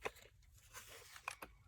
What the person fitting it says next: popped that on there.